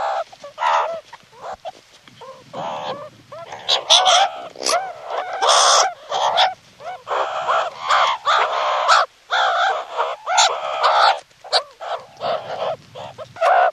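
Meerkat chatter: many harsh, squawking, honking calls in rapid bursts throughout.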